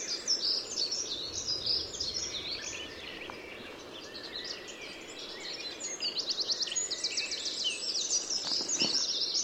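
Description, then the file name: Eurasian wren, a rushing high-pitched song of quick notes and trills, quieter in the middle, then rising again, against a noisy, hissing background. "Troglodytes troglodytes"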